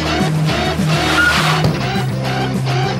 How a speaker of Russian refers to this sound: Светлаков на пешеходном переходе резко тормозит перед парнем в черной футболке.